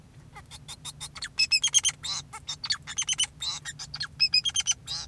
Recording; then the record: song of a male Bengalese finch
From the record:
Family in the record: son of father 2, and himself father 4